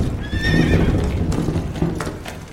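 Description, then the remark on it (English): A huge white horse harnessed to a line of tubs in a low-roofed mine passage lets out a short high whinny, then its hooves clop along at an uneven pace over a steady low rumble of the tubs rolling behind it. “They flatten themselves against the wall as a huge white horse passes, harnessed to a line of tubs.”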